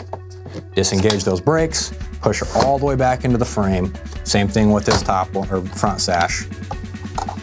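Someone talks over background music while the front sash of a two-slider window is handled to be pushed all the way back into the window frame after cleaning. A few brief knocks and taps come through under the voice, but nothing has seated or snapped into place yet.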